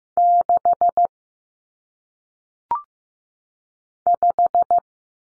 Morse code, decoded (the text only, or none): 6 5